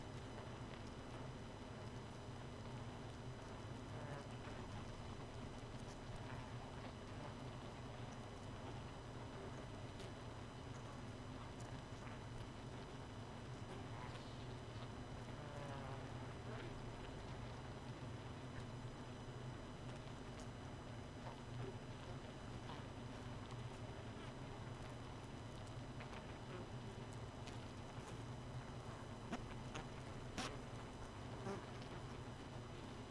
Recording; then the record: honeybee colony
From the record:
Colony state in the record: missing queen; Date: 31 May 2018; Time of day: 2:00